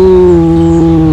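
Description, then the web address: Serval call: a single sustained, steady tonal cry with rich harmonics, sinking slightly in pitch near the end, with a low rumbling hum beneath. "earth naturelibrary assets s se serval"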